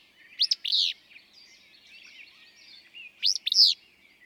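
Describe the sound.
Willow flycatcher singing a sneezy two-part phrase, a sharp rising note then a buzzy one, repeated about three seconds apart over faint bird chatter.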